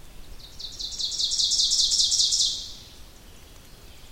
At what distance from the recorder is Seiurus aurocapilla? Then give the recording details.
about 15 m. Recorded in boreal forest in Alberta, Canada, on 2 June 2016 at 06:11. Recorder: SongMeter 3, array SBT-3-7. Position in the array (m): 193 m, 4 m. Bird 6